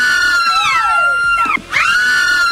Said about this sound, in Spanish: Sale Par Bogumi, my love, mi amor. Ahí les va el grito.